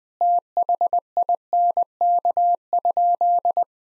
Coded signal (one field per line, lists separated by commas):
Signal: Morse code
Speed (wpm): 20 wpm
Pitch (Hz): 700 Hz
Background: none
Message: THINK?